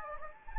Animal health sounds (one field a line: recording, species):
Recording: mosquito wingbeat signal from an infrared sensor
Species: Anopheles gambiae